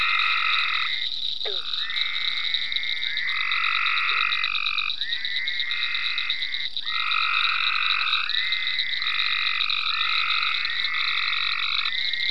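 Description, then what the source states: Several frogs give long trilling notes that start and stop in turn, overlapping constantly, with a steady shrill drone running underneath throughout. Frogs in ponds at Venaura farm, recorded 27 May 2010.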